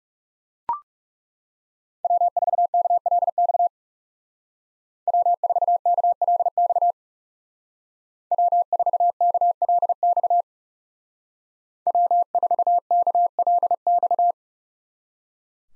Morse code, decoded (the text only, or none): W4KLX W4KLX W4KLX W4KLX